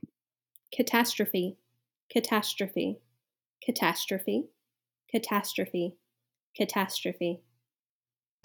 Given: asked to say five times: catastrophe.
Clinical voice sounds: repeated word; female; 30 to 39 years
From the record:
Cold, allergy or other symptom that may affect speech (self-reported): no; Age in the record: 30 years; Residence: Georgia, United States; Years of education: 18

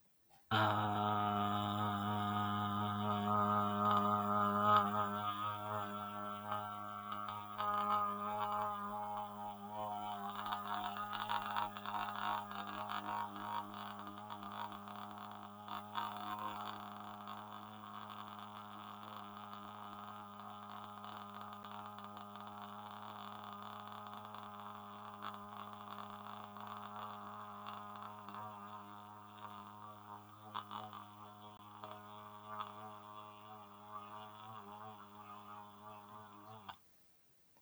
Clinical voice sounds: vowel held as long as possible; male; 40 to 49 years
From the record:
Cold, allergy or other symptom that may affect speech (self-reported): no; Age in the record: 44 years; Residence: Michigan, United States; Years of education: 13

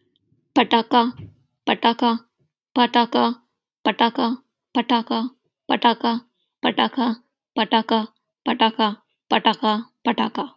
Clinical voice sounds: repeated syllables /pa ta ka/; female; 30 to 39 years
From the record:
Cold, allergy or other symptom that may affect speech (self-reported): no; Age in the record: 30 years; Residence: United States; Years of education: 18

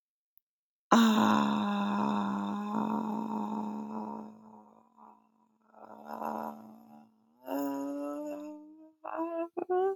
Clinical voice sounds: vowel held as long as possible; female; 20 to 29 years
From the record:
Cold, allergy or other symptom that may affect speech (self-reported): no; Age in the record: 28 years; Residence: Virginia, United States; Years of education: 16

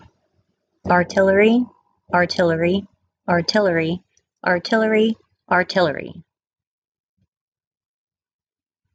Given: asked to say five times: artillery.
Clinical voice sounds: repeated word; female; 30 to 39 years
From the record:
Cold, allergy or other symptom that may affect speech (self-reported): no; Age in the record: 32 years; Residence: Pennsylvania, United States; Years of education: 12

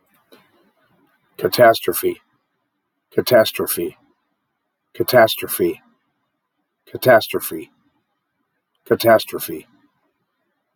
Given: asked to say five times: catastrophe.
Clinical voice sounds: repeated word; male; 50 to 59 years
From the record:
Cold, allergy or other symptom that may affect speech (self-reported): no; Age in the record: 58 years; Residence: Alaska, United States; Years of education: 16

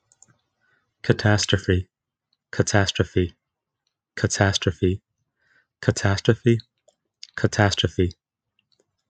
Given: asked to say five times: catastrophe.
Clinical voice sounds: repeated word; male; 20 to 29 years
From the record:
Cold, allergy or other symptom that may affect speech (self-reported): no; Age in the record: 29 years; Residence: Florida, United States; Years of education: 18

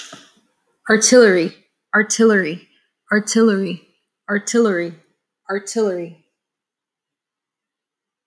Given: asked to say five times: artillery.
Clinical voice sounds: repeated word; female; 30 to 39 years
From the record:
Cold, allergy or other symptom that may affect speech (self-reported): no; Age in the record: 30 years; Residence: Virginia, United States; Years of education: 16

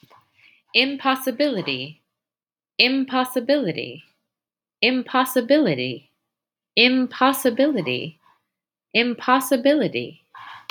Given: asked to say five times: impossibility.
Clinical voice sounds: repeated word; female; 40 to 49 years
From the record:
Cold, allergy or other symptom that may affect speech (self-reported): no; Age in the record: 42 years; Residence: Virginia, United States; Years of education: 18

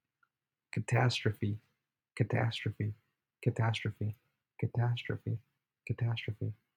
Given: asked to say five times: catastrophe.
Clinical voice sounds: repeated word; male; 20 to 29 years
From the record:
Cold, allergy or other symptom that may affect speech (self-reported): no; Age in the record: 21 years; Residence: California, United States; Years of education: 16

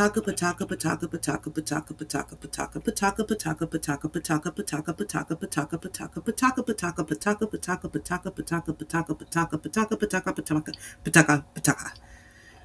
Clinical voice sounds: repeated syllables /pa ta ka/; female; 30 to 39 years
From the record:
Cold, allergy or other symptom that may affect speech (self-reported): no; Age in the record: 38 years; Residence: United States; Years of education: 16

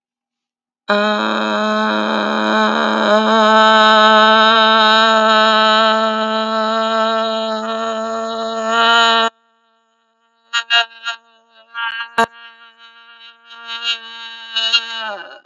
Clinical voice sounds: vowel held as long as possible; female; 40 to 49 years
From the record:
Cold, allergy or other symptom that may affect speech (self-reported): no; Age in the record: 44 years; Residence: Pennsylvania, United States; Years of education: 15

